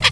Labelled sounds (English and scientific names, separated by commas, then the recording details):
Zebra Finch (Taeniopygia guttata) kackle call
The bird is a female
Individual fem8